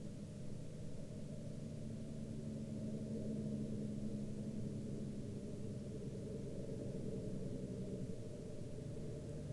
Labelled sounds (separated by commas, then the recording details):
man-made sound
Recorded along the Dalton Highway, Alaska, on 20 March 2019 at 00:50
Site 06